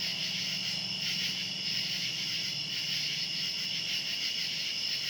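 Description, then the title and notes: Cicadas droning in a dense, continuous high buzz, a faint low hum running steadily underneath. Cicadas recorded outdoors at night. "Ext. Cicadas, Night by Bandeto"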